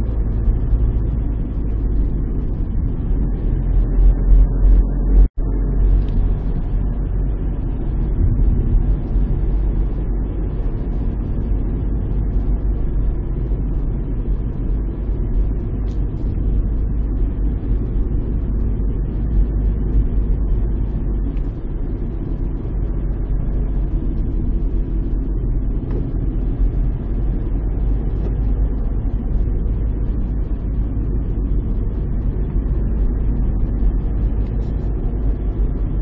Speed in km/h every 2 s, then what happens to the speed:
37, 29, 29, 37, 36, 38, 38, 39, 38, 35, 33, 37, 36, 39, 40, 39, 32, 34.
0-2 brakes to 29. 4-6 speeds up to 37. 6-13 steady at about 37. 27-36 steady at about 34.